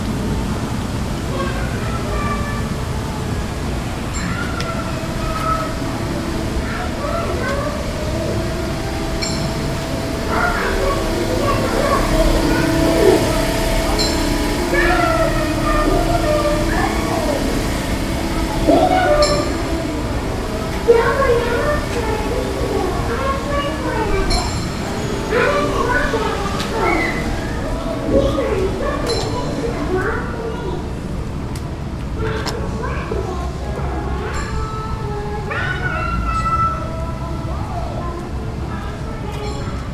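Sounds from a theme park: a dense, steady crowd murmur of many voices runs throughout, with a low rumble underneath. Sharp clicks, knocks and brief louder shouts pop up irregularly, with a few stronger bursts around 13, 19 and 21 seconds.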